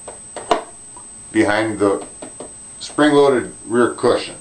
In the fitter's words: and then push this down and it will snap into place